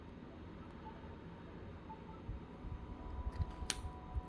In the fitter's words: all right i heard it pop open